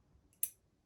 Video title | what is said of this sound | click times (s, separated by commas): Vero Mini Fulcrum, EDCI, & Permatex Unboxing | pops into place and it's perfectly uh | 0.4 s